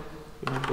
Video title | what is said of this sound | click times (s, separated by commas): VILLA FELIZ - EPISODE 450: THE BIG SPRAY (House Building in the Philippines) | make sure you hear it click click | 0.5 s, 0.6 s